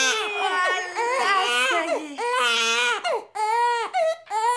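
High-pitched, wailing bursts of a newborn's first cry just after delivery, in an acted birth scene.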